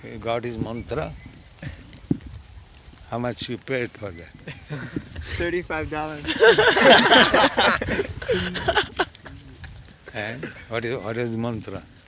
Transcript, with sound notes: You got his mantra? How much you paid for that?
Thirty-five dollars. [laughter]
And what was the mantra?